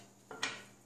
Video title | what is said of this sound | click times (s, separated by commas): Mag Lock Secret Compartment Coffee Table & Hidden Compartment End Table- | and wait for the click | 0.4 s